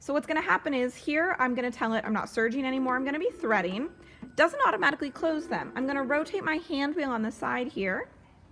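A woman talks while preparing a serger for air threading, about to rotate the hand wheel on its side so the loopers align and lock into threading position, connecting the air-threading ports across the loopers. Only speech is heard. Nothing has seated or clicked yet; the loopers have not popped into place by the end of the clip.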